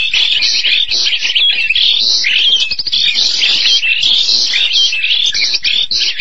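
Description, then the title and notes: Starling song, a busy, loud babble of squeaky whistles and chattering notes packed tightly together for the whole stretch. "suara burung jalak"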